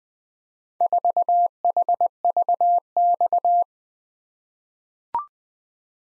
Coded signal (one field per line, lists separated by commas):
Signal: Morse code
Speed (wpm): 20 wpm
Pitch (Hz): 700 Hz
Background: none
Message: 4HVX